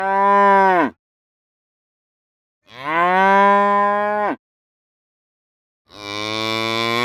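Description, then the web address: Cow lowing in three moos separated by silences, the last one deeper. "Sonniss - The Nature Pack - cow moos"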